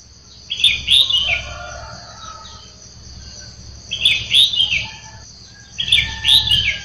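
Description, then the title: Sooty-headed bulbul song in quick bursts of several bright, bubbling notes, separated by short pauses, with a steady shrill drone underneath. "Kutilang"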